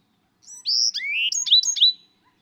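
Bird song: a single quick phrase of clear, high whistled notes, first sliding upward, then a run of sharp downslurred notes, against silence.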